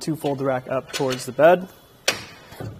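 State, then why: Seated. Someone talks while the empty RockyMounts MonoRail 2-bike platform rack on a 2022 Nissan Frontier is folded up toward the truck bed using the same handle used for tilting. At 2.1 s the metal fold latch engages with a sharp click, locking the rack in its stowed upright position.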